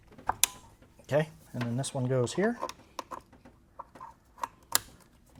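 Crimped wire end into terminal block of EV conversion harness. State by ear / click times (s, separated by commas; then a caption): seated / 0.4 s. A pre-crimped wire end is slid into its groove on a wiring terminal block for an EV conversion harness of an electric Ford Model A, and it snaps and latches in place with a sharp click at 0.4 s. Someone talks, and several more light clicks and taps follow through the rest of the clip.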